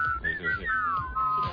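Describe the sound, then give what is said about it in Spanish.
A person whistles a short, wavering tune, the clear tone sliding up and then gradually drifting lower in pitch, steady and fairly loud over a soft rumbling background. “Hoy mejor los silbidos que la coral, ¿eh?”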